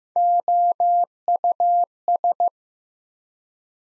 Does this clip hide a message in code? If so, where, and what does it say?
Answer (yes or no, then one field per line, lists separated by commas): yes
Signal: Morse code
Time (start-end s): 0.2-2.5 s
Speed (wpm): 15 wpm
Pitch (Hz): 700 Hz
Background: none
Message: OUS